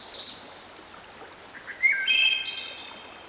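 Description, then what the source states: Wood Thrush song with faint high warbling, then a rich liquid phrase that rises into a higher trill, set against flowing water. From Dan Gibson's Solitudes series, with a stream in the background.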